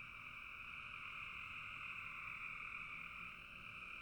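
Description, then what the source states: Many frogs calling at once, a rapid, blended pulsing chorus that holds an even level across the whole stretch. Frogs calling in a bog.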